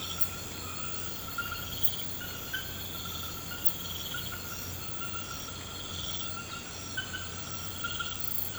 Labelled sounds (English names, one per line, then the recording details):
none
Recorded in pastures near Puerto Asís, Putumayo, Colombia, on 19 March 2025 at 01:00
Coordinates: 0.472, -76.329
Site G074